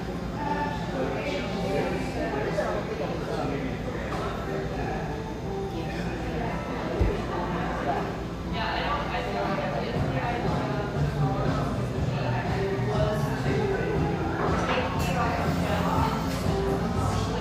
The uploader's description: cheerful, bustling background noise of this sunny café in one of the OC's most upscale neighborhoods